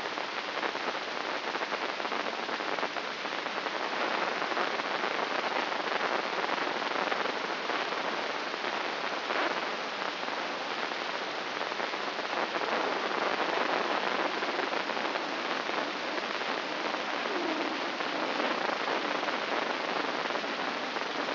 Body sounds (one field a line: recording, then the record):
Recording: brain microelectrode recording played as sound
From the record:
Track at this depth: outside the subthalamic nucleus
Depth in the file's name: 8.028 mm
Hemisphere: left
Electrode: 3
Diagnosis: Parkinson's disease